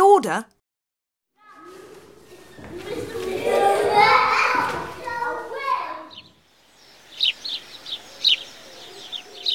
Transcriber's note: fx: montage: children / birds / traffic / supermarket